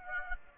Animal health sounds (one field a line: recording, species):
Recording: mosquito wingbeat signal from an infrared sensor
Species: Aedes aegypti